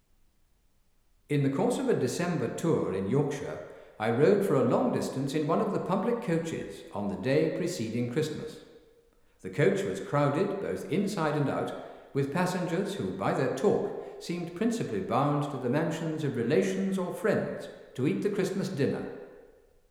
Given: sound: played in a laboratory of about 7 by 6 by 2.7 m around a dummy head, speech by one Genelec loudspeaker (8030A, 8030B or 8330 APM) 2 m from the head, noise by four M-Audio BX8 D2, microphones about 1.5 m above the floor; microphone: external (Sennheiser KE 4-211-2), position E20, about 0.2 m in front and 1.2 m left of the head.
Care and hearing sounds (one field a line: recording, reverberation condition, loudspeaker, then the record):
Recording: male speech in English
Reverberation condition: high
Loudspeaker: 60 degrees to the left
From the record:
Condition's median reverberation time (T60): about 1300 ms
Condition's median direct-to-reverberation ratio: about -4.0 dB